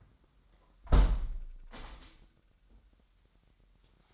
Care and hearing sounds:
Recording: daily activity, microphone in the room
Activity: close window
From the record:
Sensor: 3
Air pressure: 998.0 hPa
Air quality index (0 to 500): 142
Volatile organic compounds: 4 ppm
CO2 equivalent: 1698 ppm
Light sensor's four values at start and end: 14/41/16/15 and 14/41/16/15

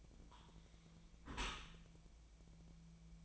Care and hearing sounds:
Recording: daily activity, microphone in the room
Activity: close dishwasher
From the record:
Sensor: 1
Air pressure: 1000.5 hPa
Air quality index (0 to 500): 182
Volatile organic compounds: 4 ppm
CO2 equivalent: 1679 ppm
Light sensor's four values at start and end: 11/26/11/12 and 11/26/11/12

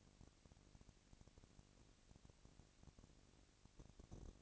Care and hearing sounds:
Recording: daily activity, microphone in the room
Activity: no activity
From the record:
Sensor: 4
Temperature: 22.3 degrees Celsius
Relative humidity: 31.9%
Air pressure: 997.9 hPa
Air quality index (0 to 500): 203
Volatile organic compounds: 17 ppm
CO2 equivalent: 2566 ppm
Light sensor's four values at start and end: 2/3/1/1 and 2/3/1/1

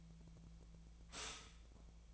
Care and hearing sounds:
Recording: daily activity, microphone in the room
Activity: stop toaster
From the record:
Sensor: 1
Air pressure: 1009.3 hPa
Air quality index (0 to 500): 195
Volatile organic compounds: 19 ppm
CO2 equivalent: 2667 ppm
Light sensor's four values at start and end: 27/70/29/34 and 27/70/29/34

